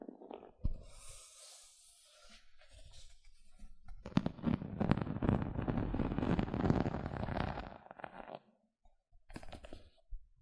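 Gentle scratching sounds, rough and crackly, swell into a dense, busy stretch from about four to eight seconds before stopping abruptly. Earlier, a soft airy hiss drifts by around one to two seconds, and short scratchy bursts return near the end.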